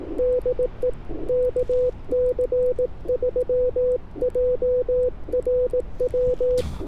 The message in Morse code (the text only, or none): DE KC3JRW